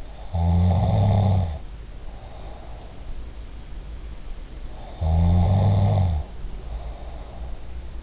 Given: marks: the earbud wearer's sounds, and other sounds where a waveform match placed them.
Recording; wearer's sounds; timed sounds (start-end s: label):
sounds in sleep by an in-ear microphone; snoring breath
0.00-3.01 s: snoring breath
4.61-7.61 s: snoring breath